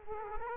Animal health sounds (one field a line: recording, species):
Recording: mosquito wingbeat signal from an infrared sensor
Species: Culex quinquefasciatus